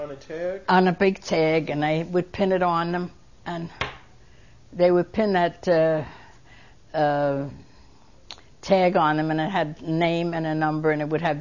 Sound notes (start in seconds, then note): none